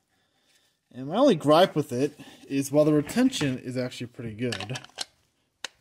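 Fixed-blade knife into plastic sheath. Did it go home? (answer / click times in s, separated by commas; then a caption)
yes / 5.6 s. A fixed-blade knife is pushed into its Mora-style plastic sheath while someone talks. At 5.7 s a sharp, short click is heard as the knife snaps into the sheath's retention with solid engagement, and the knife is seated.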